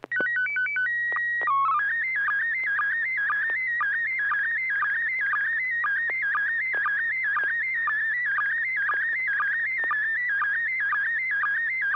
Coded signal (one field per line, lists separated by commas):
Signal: SSTV (slow-scan television)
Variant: PD 120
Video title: N6NA SSTV Net - 01/22/2025